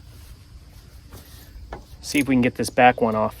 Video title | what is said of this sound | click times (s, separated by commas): Generac Maintenance | Make sure it clicks. | 1.7 s